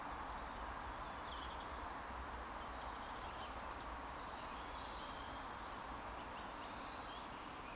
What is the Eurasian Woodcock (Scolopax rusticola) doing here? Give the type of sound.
whistle